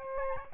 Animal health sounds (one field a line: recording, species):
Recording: mosquito wingbeat signal from an infrared sensor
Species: Aedes albopictus